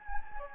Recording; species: mosquito wingbeat signal from an infrared sensor; Anopheles gambiae